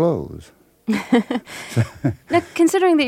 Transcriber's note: soundbite of laughter